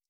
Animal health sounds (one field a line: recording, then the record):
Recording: hydrophone in a shrimp aquaculture tank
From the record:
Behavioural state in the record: stressed